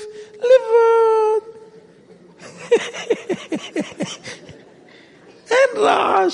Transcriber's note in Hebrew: צחוק